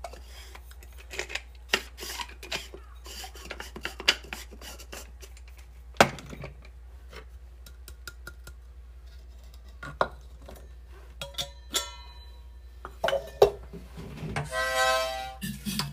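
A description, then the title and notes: Coffee is made by hand: sharp clinks and knocks of cups, metal and glass land every second or so over a steady low hum. Near the end a brief rising pour builds, with ringing tones around twelve seconds and a sharp knock at six. Grind beans by hand and pour over coffee.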